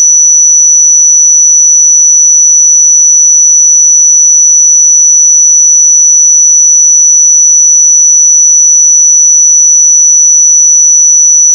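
A pure sine tone holds steady at 5927 Hz for the full twelve seconds, a thin, bright, piercing whistle. Pitch and loudness never change, and nothing else sounds behind it.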